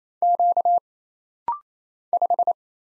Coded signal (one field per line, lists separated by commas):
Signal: Morse code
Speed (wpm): 28 wpm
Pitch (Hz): 700 Hz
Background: none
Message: Q 5